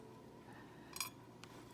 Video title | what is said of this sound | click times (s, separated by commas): Beadwork by Bernice “Daisy Chain tutorial” | And you push it in, you have to make sure it clicks. | 1.0 s